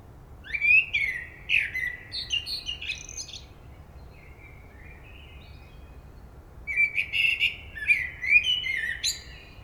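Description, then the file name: Common blackbird singing two phrases several seconds apart, each a rich fluted warble ending in high, scratchy twittering, with a soft quiet whistle in the pause between. "Turdus merula"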